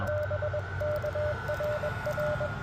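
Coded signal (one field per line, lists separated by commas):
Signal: Morse code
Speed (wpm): 21 wpm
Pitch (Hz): 590 Hz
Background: none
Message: BKRR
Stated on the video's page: Portable CW on a QMX during a park activation of a wildlife management area, after trying out antenna ideas.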